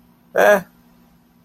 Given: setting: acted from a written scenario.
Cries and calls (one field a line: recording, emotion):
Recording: vocal sound without words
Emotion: neutral